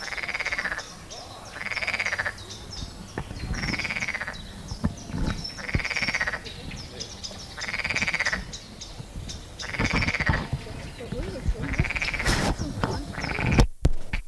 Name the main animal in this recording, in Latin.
Pelophylax esculentus